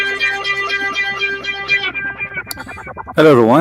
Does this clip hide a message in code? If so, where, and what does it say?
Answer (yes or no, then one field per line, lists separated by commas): no